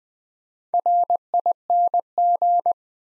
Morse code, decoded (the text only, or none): RING